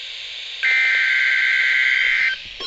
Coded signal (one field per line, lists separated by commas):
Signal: Emergency Alert System (SAME) tones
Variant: header bursts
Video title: NOAA - 2 Flash Flood Watches (EAS #1,488 - 1,489)